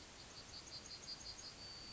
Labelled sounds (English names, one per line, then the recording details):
Yellowhammer song
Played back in forest
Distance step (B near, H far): G
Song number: 140